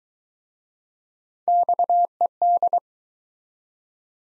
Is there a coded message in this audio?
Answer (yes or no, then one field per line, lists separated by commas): yes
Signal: Morse code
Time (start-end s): 1.5-2.8 s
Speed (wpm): 24 wpm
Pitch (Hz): 700 Hz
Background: none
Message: XED